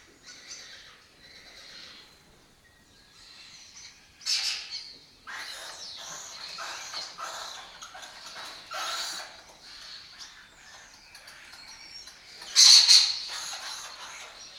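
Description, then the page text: Lesser kestrel calls: harsh squawking bursts and scratchy chatter, with two loud outbursts standing out. Breeding colony in an abandoned building complex in Doñana; migratory species that forages in West Africa and breeds in southern Europe. "Lesser Kestrels Took Over an Abandoned Building. A migratory raptor wich spends its foraging time in West Africa and breeds in southern Europe. Here in Doñana"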